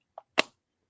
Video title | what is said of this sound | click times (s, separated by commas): HoodEye from Hoodman - Camera Accessories | You heard that click. Ooh. That's a real positive click. | 0.4 s